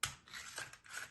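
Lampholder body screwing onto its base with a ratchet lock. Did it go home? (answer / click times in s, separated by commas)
yes / 0.3 s, 0.6 s, 0.7 s, 0.9 s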